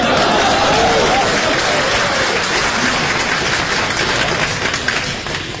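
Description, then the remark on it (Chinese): An audience at a crosstalk (xiangsheng) comedy performance breaks into loud, dense applause, a steady wash of many hands clapping that holds for several seconds before thinning slightly at the end. “两说相声一站，今天 掌声， 我们两个人 掌声， 给您说段相声，说着不好，说着不好都鼓掌。”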